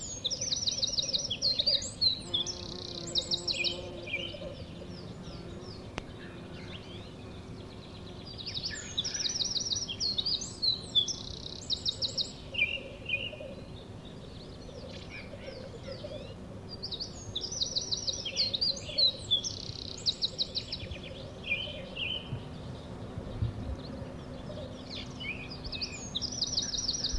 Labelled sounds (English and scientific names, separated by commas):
Eurasian Wren (Troglodytes troglodytes)